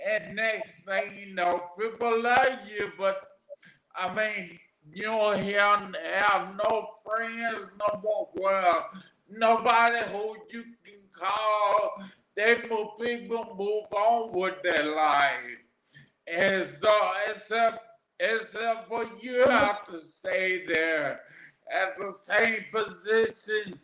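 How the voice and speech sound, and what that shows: A 41-year-old man with aphasia after three strokes, the first at age 27 from an arteriovenous malformation in the brain stem, 13 years earlier, speaks haltingly. He pauses often, repeats words and phrases, draws out syllables and clips some consonants imprecisely. His labored, interrupted word finding fits aphasia.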